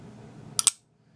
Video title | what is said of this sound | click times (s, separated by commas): KNIFE SALE!!! 5/27/21: Archived Sale Video for Reference Only | You hear the double click when you open it? | 0.6 s, 0.7 s